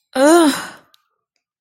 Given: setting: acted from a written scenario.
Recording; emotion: vocal sound without words; disgust